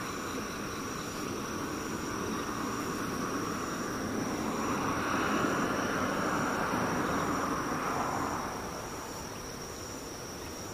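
Insects trill steadily throughout, a thin, high, bright buzz with a faint regular pulsing. Underneath, a low rumble like a passing vehicle swells from about four seconds, peaks around six, and fades after eight.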